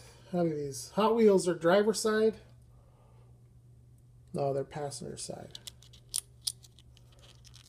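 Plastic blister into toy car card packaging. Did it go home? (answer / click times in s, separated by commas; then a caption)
yes / 6.2 s, 6.5 s. Someone talks while a plastic blister on a Hot Wheels toy car's card packaging, opened earlier, is pressed back into place. Two sharp, loud snaps ring out at 6.2 s and 6.5 s, with a few fainter ticks around them, as the blister seats back onto the card.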